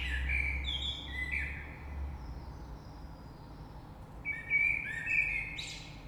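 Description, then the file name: Common blackbird delivering a warbled fluty phrase, a quiet gap, then a second mellow phrase with a high squeaky tail, with a low rumble in the background. Recorded 3 March 2020. "Rush Merle"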